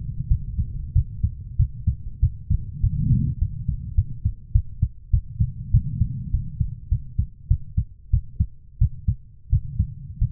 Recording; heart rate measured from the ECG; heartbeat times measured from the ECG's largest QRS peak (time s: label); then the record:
heart sounds by stethoscope; 97 bpm
0.28 s: heartbeat
0.93 s: heartbeat
1.57 s: heartbeat
2.20 s: heartbeat
2.81 s: heartbeat
3.38 s: heartbeat
3.95 s: heartbeat
4.52 s: heartbeat
5.11 s: heartbeat
5.71 s: heartbeat
6.31 s: heartbeat
6.89 s: heartbeat
7.48 s: heartbeat
8.11 s: heartbeat
8.79 s: heartbeat
9.50 s: heartbeat
10.19 s: heartbeat
From the record:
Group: healthy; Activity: rest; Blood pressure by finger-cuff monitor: 127/76 mmHg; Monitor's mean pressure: 95 mmHg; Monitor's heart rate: 97 bpm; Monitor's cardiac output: 7.9 L/min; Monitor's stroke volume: 80 mL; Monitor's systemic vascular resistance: 890 dyn s/cm5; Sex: female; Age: 24 years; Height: 163 cm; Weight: 55.7 kg